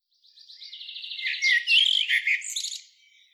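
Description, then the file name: Common blackbird giving a short sequence of thin trilled notes that swells into loud, scratchy twittering before stopping. "Turdus merula"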